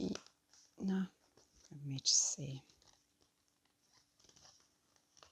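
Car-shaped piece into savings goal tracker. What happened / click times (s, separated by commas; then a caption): The small piece is being worked but has not snapped in yet / none. A small car-shaped piece is being worked into a savings goal tracker after an earlier attempt would not go in. Someone talks briefly, followed by soft handling rustles and faint small ticks. Nothing has seated or clicked into place yet.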